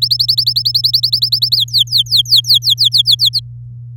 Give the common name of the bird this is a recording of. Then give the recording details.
Domestic Canary. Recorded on 11 May 2018 at 09:24. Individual llb16